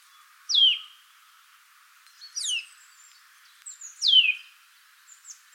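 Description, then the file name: Eurasian nuthatch giving three separate downward-sliding whistled notes, spaced nearly two seconds apart, with faint high chirps in between. "Sitta europaea"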